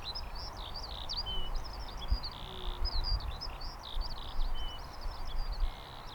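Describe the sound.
Lark pouring out an endless varied warble of quick twittering notes and brief steady tones, set against continuous low rumbling noise with a few soft knocks.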